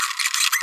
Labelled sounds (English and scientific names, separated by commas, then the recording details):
Green-rumped Parrotlet (Forpus passerinus) babbling
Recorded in a nest box in Venezuela
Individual 18B25A5